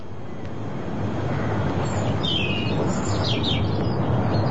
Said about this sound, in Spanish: Hay pájaros. Entonces, es de día.